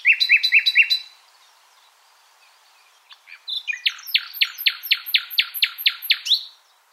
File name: Luscinia megarhynchos